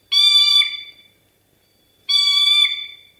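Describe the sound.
A voice imitates a telephone ringing: two sustained, bright, buzzy rings, each about a second long, separated by a pause of about a second. There is no talking.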